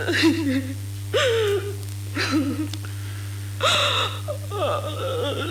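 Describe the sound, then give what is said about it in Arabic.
A woman sobs in about five shaky, breathy bursts, her voice wavering into high whimpers between gasping inhalations, with a steady low hum underneath. “إنني أراك تبكين، بيد أنني لا أستطيع البكاء، لا أستطيع البكاء”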